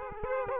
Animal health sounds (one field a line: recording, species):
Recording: mosquito wingbeat signal from an infrared sensor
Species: Aedes aegypti